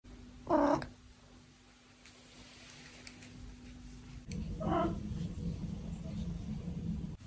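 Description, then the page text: Maine Coon cat gives two short meows about four seconds apart over steady background noise. "Maine Coon Cats"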